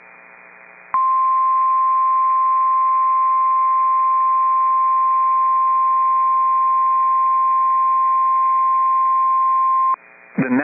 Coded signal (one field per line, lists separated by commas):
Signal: Emergency Alert System (SAME) tones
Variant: 1050 Hz attention tone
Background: speech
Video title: Severe Thunderstorm Warning (Kidder and Stutsman Counties, ND) (8/8/25) [EAS #255]